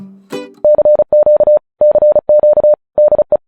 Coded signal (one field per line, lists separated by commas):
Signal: Morse code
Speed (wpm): 36 wpm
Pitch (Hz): 600 Hz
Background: music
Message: CQ CQ DE